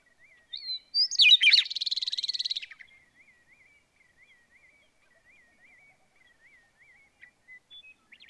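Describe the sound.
Bird song: a thin whistle and quick jumble, then a long rattling trill; faint repeated upslurred calls continue behind.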